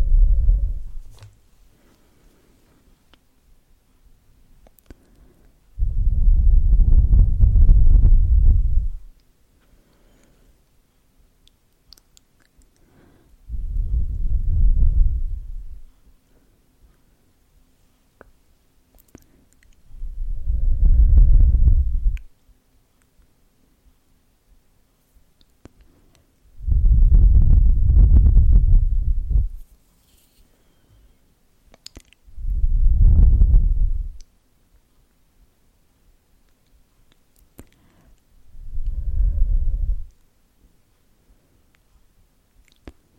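Close, muffled brushing hand movements come in low rushing bursts every five to seven seconds, with near silence and faint ticks between.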